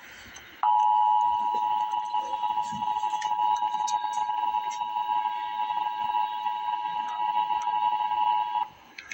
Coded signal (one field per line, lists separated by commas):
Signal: Emergency Alert System (SAME) tones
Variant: 853 and 960 Hz attention tone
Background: speech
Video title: Emergency Alert System - Special Weather Statement - Dec 11, 2024 at 2:02 PM EST